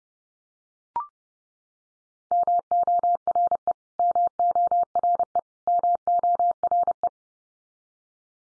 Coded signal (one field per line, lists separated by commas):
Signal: Morse code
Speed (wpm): 30 wpm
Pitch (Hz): 700 Hz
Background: none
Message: MORE MORE MORE